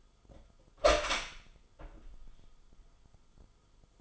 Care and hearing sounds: daily activity, microphone in the room; open door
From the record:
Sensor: 5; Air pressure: 1005.1 hPa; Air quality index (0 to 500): 87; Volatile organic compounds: 2 ppm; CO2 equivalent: 1057 ppm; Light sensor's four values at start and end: 35/81/33/31 and 35/81/32/31

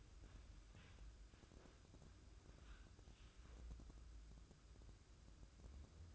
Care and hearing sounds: daily activity, microphone in the room; wipe stove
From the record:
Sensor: 2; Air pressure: 996.0 hPa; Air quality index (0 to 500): 91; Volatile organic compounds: 4 ppm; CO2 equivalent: 1663 ppm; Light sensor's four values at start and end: 23/75/29/27 and 23/75/29/28

